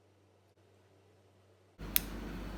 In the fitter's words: ให้ลงดังคลิกนะฮะใส่